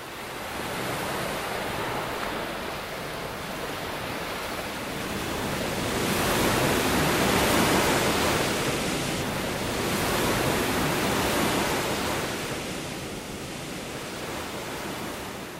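Ocean waves wash steadily onto a beach in a continuous hiss of surf, swelling louder through the middle as a bigger surge rolls in, then easing back. No voices.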